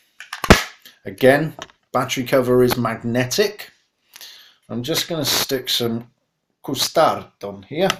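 A magnetic battery cover is fitted back onto a vape box mod. After a few quick taps, it snaps shut under its magnets with a sharp click at 0.5 seconds. Someone then talks.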